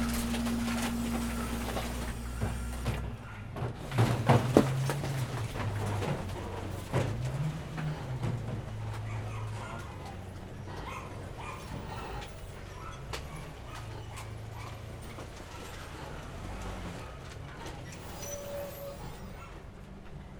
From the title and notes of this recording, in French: Camion poubelle. Lors d'une sortie aux alentours du collège, Kassoum Florian et Nadia ont enregistré les sons de la ville.